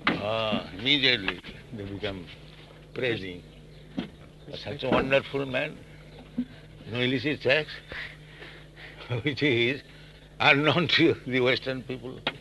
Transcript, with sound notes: Oh, immediately they become praising, "Such wonderful men. No illicit sex?" [laughs] which is unknown to you, the Western people.